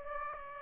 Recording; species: mosquito wingbeat signal from an infrared sensor; Aedes aegypti